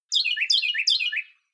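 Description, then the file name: Songbird song: a quick twittering phrase of high notes tumbling downward, repeated three times in a row, with no other sounds. "songbird sing"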